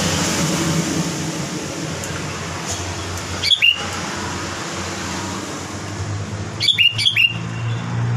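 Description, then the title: Sooty-headed bulbul calling in short, liquid bursts, one single phrase and then a quick double phrase, over constant humming background noise. "Kutilang"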